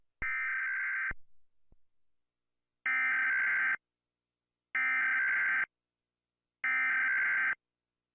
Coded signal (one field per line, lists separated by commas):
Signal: Emergency Alert System (SAME) tones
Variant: header bursts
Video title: Top 10 creepiest EAS alert systems (country)